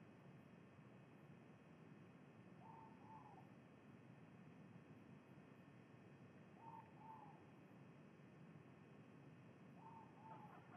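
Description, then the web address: Ivory-breasted pitta giving paired whistles, a short clear note then a slurred falling one, repeated three times against a constant background rumble. Indonesia. "ULM-DS-Lab indonesian-bird-sounds. Pitta maxima"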